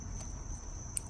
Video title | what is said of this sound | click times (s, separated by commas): How To Replace Spark Plugs Honda Civic 8th Gen 2006-2011 1ZFR6K-11S Iridium - Aiman DIY Auto Repair | should snap on. You heard that click. | 1.0 s